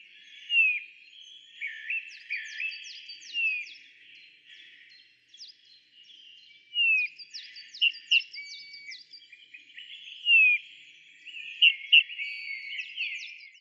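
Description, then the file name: Eurasian bullfinch calls: soft, descending piped whistles given every few seconds, with short high notes in between. "Pyrrhula pyrrhula"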